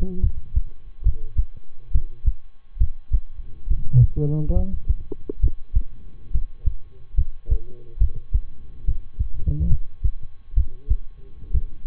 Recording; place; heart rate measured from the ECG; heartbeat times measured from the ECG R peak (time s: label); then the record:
heart sounds by stethoscope; between the tricuspid and mitral areas; 69 bpm
0.20 s: heartbeat
1.02 s: heartbeat
1.91 s: heartbeat
2.77 s: heartbeat
3.67 s: heartbeat
4.52 s: heartbeat
5.39 s: heartbeat
6.30 s: heartbeat
7.14 s: heartbeat
7.97 s: heartbeat
8.84 s: heartbeat
9.67 s: heartbeat
10.53 s: heartbeat
11.50 s: heartbeat
From the record:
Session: rest, lying down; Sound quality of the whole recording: good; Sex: male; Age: 23 years